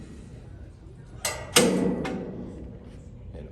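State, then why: Seated. On an XR21 home gym, the cable crossover handle carriage is lifted, moved along the metal upright and released down so its locking pin drops into an adjustment hole in the pole. Two sharp metallic hits ring out at 1.3 and 1.6 seconds, the second louder with a ringing decay, as the carriage locks into place.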